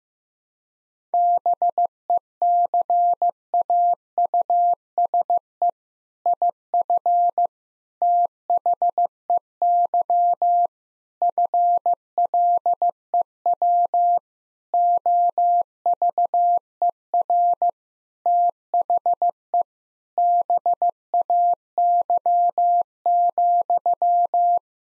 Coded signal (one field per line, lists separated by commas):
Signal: Morse code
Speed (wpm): 16 wpm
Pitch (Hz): 700 Hz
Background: none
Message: BECAUSE IF THEY FLEW OVER THE BAY,